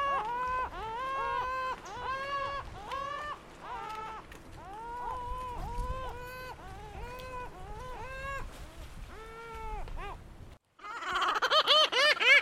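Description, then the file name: Lava gull uttering a steady series of nasal, bleating cries over a low background rumble, then a brief silence before a louder, rougher burst. "Canto da Gaivota da Lava"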